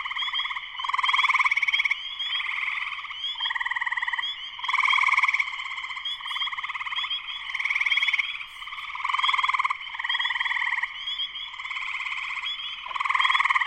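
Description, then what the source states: Spring peepers in full chorus, dense high peeps layered over loud pulsing trills that burst out repeatedly. Spring peepers in full chorus shortly after sunset, Sleeping Bear Dunes National Lakeshore, northern Michigan, USA.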